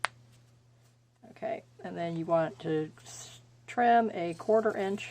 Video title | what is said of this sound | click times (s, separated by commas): Can Anyone Learn To Slow Stitch? | You line them up. You hear the little click. | 0.1 s